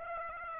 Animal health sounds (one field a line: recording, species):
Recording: mosquito wingbeat signal from an infrared sensor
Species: Aedes aegypti